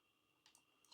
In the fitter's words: there it goes it's clicked in and solid